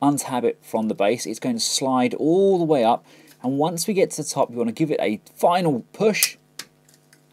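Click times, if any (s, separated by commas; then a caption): 6.6 s. Someone talks while the shin pad section of a plastic Fans Hobby MB-02 Megatooth transforming robot figure (Transformers Masterpiece Repugnus) is untabbed from its base, slid all the way up on its slider, and given a final push. A sharp click at 6.6 s marks the shin pad locking into place at the knee section, followed by two fainter ticks.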